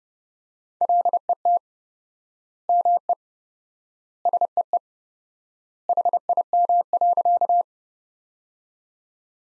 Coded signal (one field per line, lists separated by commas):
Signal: Morse code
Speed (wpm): 32 wpm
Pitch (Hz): 700 Hz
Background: none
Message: LET ME SEE HIM.